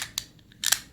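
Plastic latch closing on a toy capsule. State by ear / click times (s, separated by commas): seated / 0.7 s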